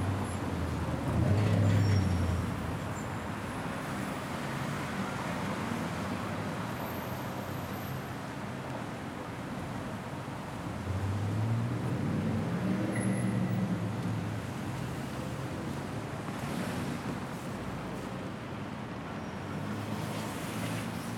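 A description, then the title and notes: Steady traffic noise forms a continuous rumble, heaviest in the low range, with a soft hiss above. Louder swells around 1–3 seconds and 11–14 seconds suggest vehicles passing, while brief faint high tones appear near 7 and 13 seconds. Traffic White Noise.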